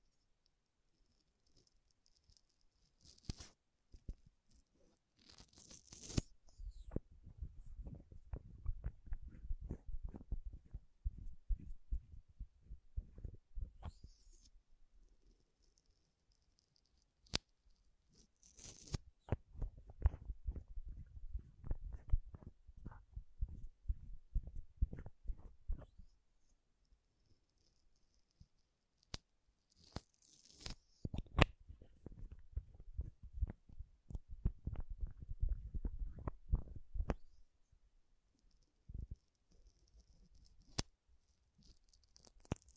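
Makeup tapping and scratching comes in three dense bursts of quick crackly taps, separated by quieter pauses with faint high hiss.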